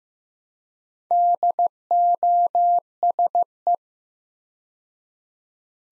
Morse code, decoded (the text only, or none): DOSE